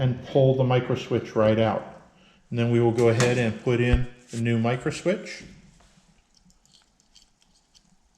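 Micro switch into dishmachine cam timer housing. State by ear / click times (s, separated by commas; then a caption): not seated / none. Someone talks for the first six seconds while a new micro switch is picked up and lined up with the cam timer of a dishmachine, ready to slide into the cam timer housing. Afterwards only quiet handling ticks are heard, around 6.4, 6.5 and 7.8 seconds. The switch has not yet seated or snapped into place.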